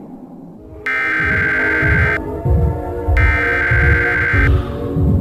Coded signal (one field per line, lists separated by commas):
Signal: Emergency Alert System (SAME) tones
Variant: header bursts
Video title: The Corruption [FULL EAS SCENARIO]